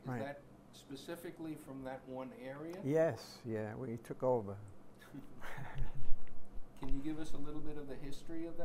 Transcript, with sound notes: Is that specifically from that one area?
Yes. Yeah, we took over.
[chuckles] [laughs] Can you give us a little bit of the history of that?